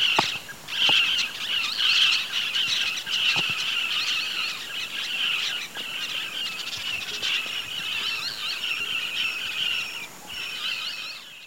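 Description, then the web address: Scarlet-shouldered parrotlets giving high, rasping squeals in a continuous overlapping chorus, loudest at the start, then gradually fading. Recorded in the eastern lowlands of South America. "Natures Songs S America Eastern Lowlands 114 Scarlet-shouldered Parrotlet"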